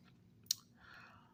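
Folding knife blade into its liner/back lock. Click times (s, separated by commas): 0.5 s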